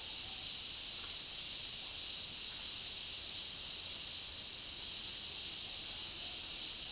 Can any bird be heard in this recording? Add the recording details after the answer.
no. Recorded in dense forest near Puerto Asís, Putumayo, Colombia, on 19 February 2024 at 13:00. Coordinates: 0.496, -76.326. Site G6383